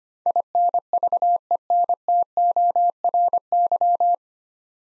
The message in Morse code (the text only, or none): INVENTORY